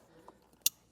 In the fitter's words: in, you'll hear it click, and like I said, I'm going to zip tie that up, keep that nice and tight, and then we can replace our kick panel.